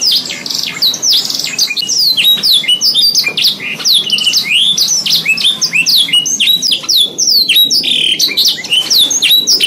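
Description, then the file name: Canary pouring out a continuous, varied song of quick high chirps and slurred whistles. Canary song in the 'isian' style, version 2. "suara kenari isian v 2"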